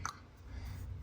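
An oil filter element for a 2017 Chevy Trax 1.4T is twisted and pushed onto its plastic filter housing with both hands, one on the filter and one on the housing. A single sharp click at 0.1 s rises over a low background rumble. The element is seated and no longer turns once it is on.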